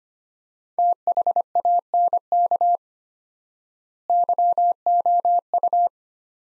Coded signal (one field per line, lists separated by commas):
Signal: Morse code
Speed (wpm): 25 wpm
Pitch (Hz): 700 Hz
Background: none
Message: THANK YOU